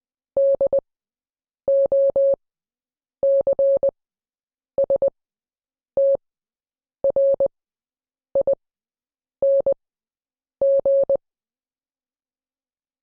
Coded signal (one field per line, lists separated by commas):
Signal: Morse code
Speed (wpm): 20 wpm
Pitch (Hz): 550 Hz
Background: none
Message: DOCSTRING